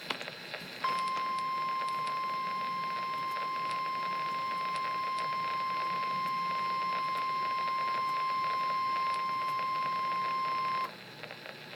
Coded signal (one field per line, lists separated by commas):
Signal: Emergency Alert System (SAME) tones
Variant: 1050 Hz attention tone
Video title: REAL EAS 1127-Special marine warning